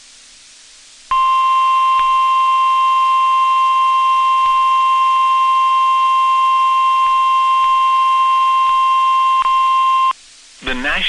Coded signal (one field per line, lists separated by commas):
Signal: Emergency Alert System (SAME) tones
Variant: 1050 Hz attention tone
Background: speech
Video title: A Single SVR | EAS 492 - SVR for DeWitt, Gonzales, Karnes, Wilson TX